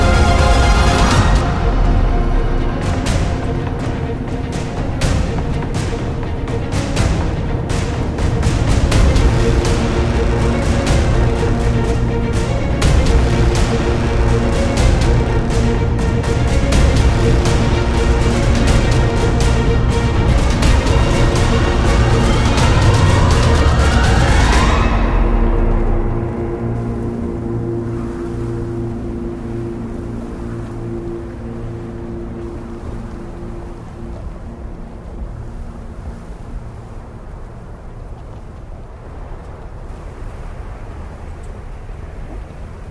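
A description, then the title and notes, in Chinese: Epic music plays alongside wind and snow. For the first 25 seconds it is loud and dense, with pounding hits and bright layered tones, then it cuts away abruptly, leaving a low, steady rumble of wind that slowly fades toward the end. 10首超好聽史詩音樂配合風雪的聲音。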